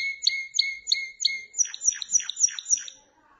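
Canary song: a series of repeated whistled notes about three per second, then a faster run of bright downslurred chirps, ending in quiet.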